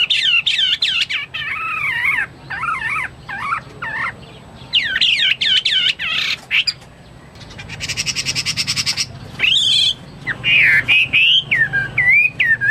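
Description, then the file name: Chinese hwamei song: loud wavering whistles in repeated doubled phrases, a harsh buzzy rasp midway, then further looping whistles. "omkicau hwamei"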